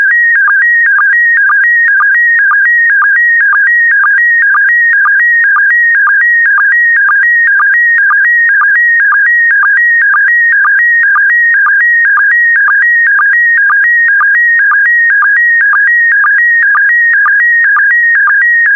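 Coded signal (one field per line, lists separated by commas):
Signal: SSTV (slow-scan television)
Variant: PD120 mode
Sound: warbling, stepping electronic tone with a steady rhythmic chirp about twice a second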